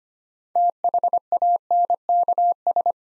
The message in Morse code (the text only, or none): THANKS